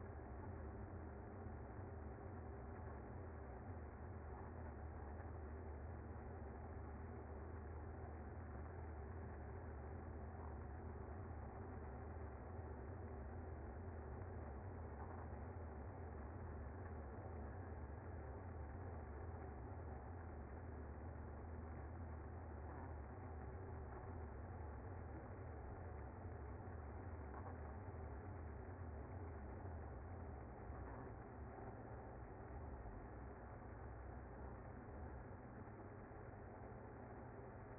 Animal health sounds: honeybee colony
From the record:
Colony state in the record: active

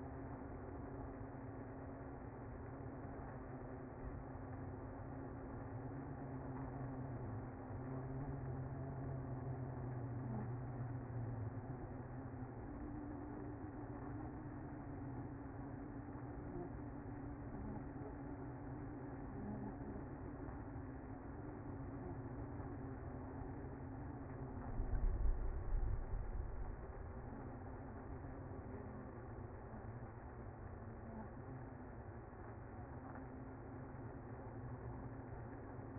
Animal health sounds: honeybee colony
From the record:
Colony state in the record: active

